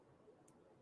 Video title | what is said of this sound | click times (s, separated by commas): Happy Wednesday! | that little click it means you've done it right click click | 0.5 s